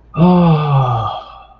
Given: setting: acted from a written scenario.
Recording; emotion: vocal sound without words; ecstasy